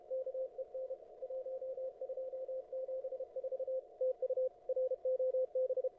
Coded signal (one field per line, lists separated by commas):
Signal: Morse code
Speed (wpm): 31 wpm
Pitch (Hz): 530 Hz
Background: none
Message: KEN 1274 TU ROB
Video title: 2022-02-24 0300Z CWOps CWT